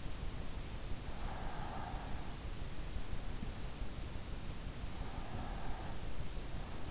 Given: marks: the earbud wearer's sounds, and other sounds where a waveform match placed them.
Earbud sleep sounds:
sounds in sleep by an in-ear microphone; breath
1.04-2.66 s: breath
4.92-6.49 s: breath

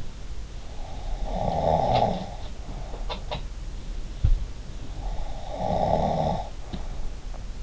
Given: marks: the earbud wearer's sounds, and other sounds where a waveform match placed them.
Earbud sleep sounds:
sounds in sleep by an in-ear microphone; snoring breath
1.11-3.40 s: snoring breath
5.41-7.63 s: snoring breath

